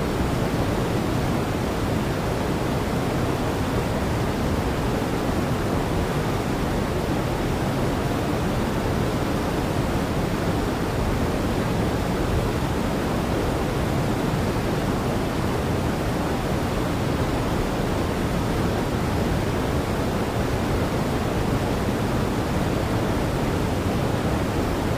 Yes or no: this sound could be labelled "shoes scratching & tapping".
no